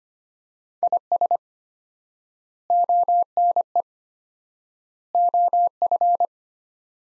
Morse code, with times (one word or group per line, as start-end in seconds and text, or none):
0.8-1.4 IS
2.7-3.8 ONE
5.1-6.3 OF